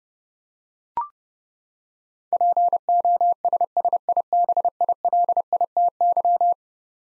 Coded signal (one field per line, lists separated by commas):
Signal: Morse code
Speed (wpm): 32 wpm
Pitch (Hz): 700 Hz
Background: none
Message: POSSIBILITY